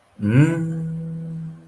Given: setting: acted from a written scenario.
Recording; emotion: vocal sound without words; serenity